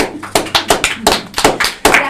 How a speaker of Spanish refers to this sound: Por ella, un fuerte aplauso.